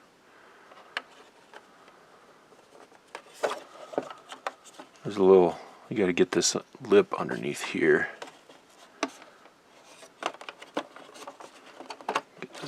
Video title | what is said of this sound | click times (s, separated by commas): #17 GT500 Eleanor Build! Packs 63 to 66 by Fanhome | thing popped into place | 12.1 s